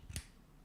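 An interchangeable sponge head is snapped onto the magnetic handle of a makeup styler tool. A soft low thump leads into a single sharp, bright click at 0.2 s, followed by quiet room tone. The head seats firmly on the handle.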